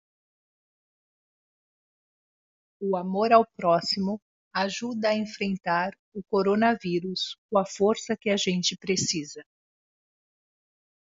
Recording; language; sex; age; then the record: spoken sentence; Brazilian Portuguese; female; 50 to 59 years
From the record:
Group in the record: control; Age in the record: 54 years